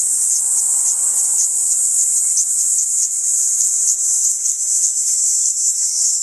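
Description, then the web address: Kaempfer cicada song, a shrill high buzz that wavers and pulses unevenly throughout. "ニイニイゼミ. arpla 自然音研究室"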